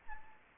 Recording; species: mosquito wingbeat signal from an infrared sensor; Anopheles gambiae